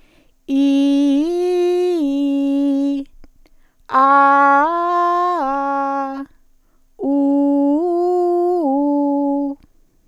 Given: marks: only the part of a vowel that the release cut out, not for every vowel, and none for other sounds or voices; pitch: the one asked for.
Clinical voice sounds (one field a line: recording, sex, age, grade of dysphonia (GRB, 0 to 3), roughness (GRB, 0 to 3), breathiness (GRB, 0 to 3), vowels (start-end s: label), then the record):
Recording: sustained vowels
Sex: female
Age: 50 to 59 years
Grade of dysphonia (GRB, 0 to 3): 0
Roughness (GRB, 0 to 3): 0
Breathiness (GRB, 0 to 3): 0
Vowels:
0.69-2.79 s: vowel /i/, low-high-low pitch
4.07-5.97 s: vowel /a/, low-high-low pitch
7.13-9.34 s: vowel /u/, low-high-low pitch
From the record:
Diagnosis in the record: healthy voice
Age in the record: 58 years